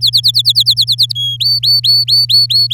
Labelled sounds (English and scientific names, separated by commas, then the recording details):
Domestic Canary (Serinus canaria) song
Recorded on 11 May 2018 at 05:43
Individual llb16